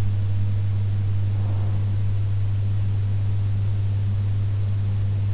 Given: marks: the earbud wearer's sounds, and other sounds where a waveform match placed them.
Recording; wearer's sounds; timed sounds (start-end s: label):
sounds in sleep by an in-ear microphone; breath
1.34-2.83 s: breath